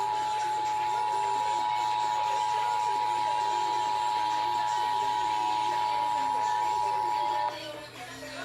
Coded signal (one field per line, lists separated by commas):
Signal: Emergency Alert System (SAME) tones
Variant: 853 and 960 Hz attention tone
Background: speech, music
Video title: The Wonders of Open CAP... (North Carolina Required Monthly EAS Test) | EAS #1661-1675 (10/11/2021)